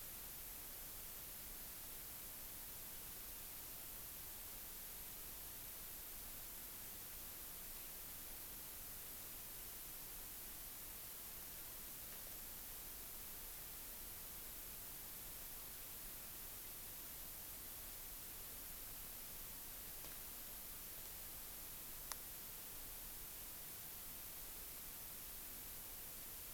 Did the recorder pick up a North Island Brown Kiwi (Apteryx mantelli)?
no